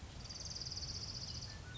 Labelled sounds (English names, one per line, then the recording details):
Orange-crowned Warbler
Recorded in Sonoma County, California